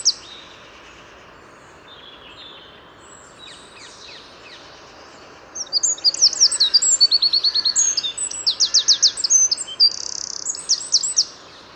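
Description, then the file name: Eurasian wren song: faint high notes at first, then a loud, rapid outpouring of trills and buzzy rattles in the second half. "Troglodytes troglodytes"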